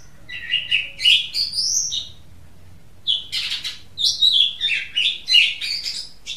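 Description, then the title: Oriental magpie-robin singing rapid, rich phrases of whistles, trills and scratchy notes, an one-second gap, then a second dense burst of varied notes. "Kicau Kacer"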